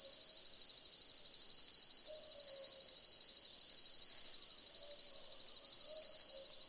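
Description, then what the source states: Southern boobook calls with paired low hoots at spaced intervals, under a steady shrill trilling of insects. Several owls calling together in a chorus.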